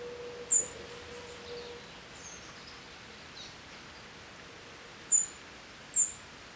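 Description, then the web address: European robin, thin very high single notes, one early and two close together near the end, with a faint low hum and background hiss. "SETE data Erithacus rubecula"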